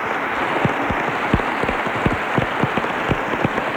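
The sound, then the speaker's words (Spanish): A crowd applauds steadily at a celebration of 70 years of radio, applauding the voice that first announced EAJ1 Radio Barcelona and the birth of radio. A dense wash of many hands clapping with a few sharper individual claps standing out, sustained at an even loudness with no voices. “Y quisiera pedir al público que está aquí que aplaudiera a esta voz, la primera que anunció el nacimiento de la radio.”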